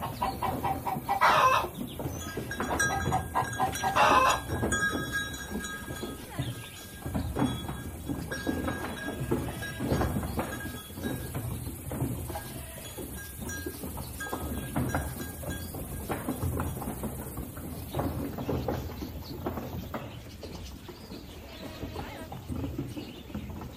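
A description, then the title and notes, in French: Farm animals with a busy, rumbling clatter underneath that never stops. Two loud, bright calls, perhaps bleats, ring out near the start, around one and four seconds. After that the sound settles into a denser, steadier murmur with occasional faint tones and knocks. A la ferme avec ses animaux.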